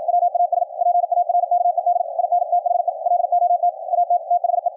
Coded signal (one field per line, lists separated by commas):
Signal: Morse code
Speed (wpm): 53 wpm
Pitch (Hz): 700 Hz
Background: radio noise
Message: WAS PARKED IN THE LOT AT THE